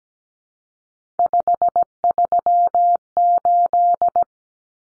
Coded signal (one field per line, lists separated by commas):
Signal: Morse code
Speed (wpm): 17 wpm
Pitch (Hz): 700 Hz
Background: none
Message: 538